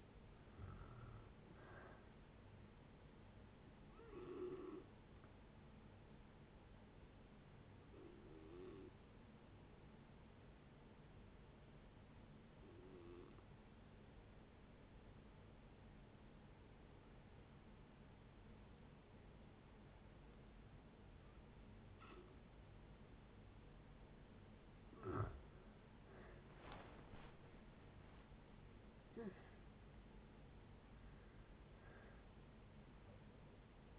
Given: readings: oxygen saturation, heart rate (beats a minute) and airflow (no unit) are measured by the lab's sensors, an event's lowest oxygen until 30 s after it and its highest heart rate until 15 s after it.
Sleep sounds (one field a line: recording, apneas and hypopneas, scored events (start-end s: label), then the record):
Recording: breathing in sleep by a voice recorder at the bedside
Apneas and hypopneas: 1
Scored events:
4.00-25.50 s: hypopnea (N1, oxygen 95% highest, then 85% lowest, heart rate 72 at the start, 74 highest)
From the record:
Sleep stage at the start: N1 (lightest sleep)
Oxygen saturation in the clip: 77 to 95%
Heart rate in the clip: 56 to 74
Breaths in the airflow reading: 6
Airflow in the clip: -7.9 to 14.0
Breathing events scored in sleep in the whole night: 496 in 5.4 hours asleep